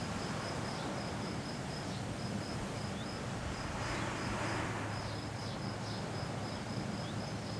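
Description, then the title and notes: Cicada giving thin, high-pitched pulsed buzzes in bursts with brief gaps, partly masked by constant rushing wind. Single cicada hiding in a garden all week; recorded on a day of constant mistral wind blowing through a pine tree. "Cicadas, pine and wind. Andy Cartwright. Music for Sleep"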